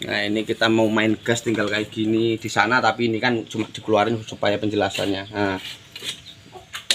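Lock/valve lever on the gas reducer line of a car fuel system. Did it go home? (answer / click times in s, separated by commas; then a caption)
yes / 6.9 s. A lock/valve lever on the LPG reducer and fuel hose line of a dual-fuel petrol/LPG car is worked by hand while someone talks for most of the clip. After the talking stops, a few light knocks come near 6.0 s and 6.8 s, then a sharp, loud snap at 6.9 s as the fuel line lock shuts tightly.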